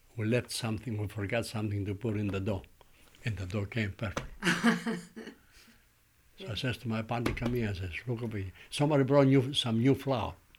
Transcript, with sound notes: we left something, we forgot something to put in the dough and the dough came perfect.
Oh (laughing)
So I says to my partner, "Come here," I says, "Look at me, somebody brought you here some new flour